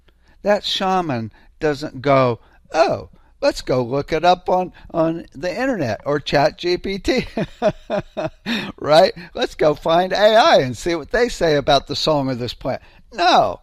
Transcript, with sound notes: That shaman doesn't go, "Oh, let's go look it up on, on the internet, or ChatGPT." (laughs) Right? "Let's go find AI and see what they say about the song of this plant."